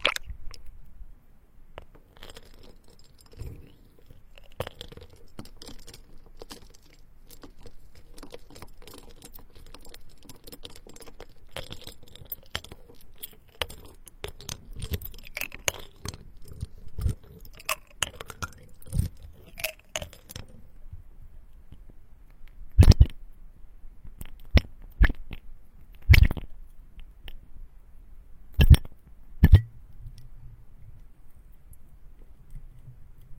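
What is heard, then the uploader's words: Dry crackles and clicks of ice cubes shifting in water, dense and busy through the first twenty seconds with a faint steady ringing underneath. After that it thins out to a few sharp, louder cracks and knocks spaced a couple of seconds apart. Ice cubes and water, ear picking.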